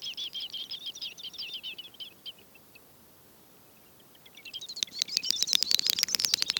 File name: great snipe - gallinago media